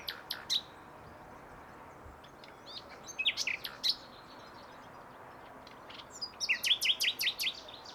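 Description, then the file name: Common nightingale singing short phrases of sharp notes, then a quick series of repeated notes near the end. "Luscinia megarhynchos"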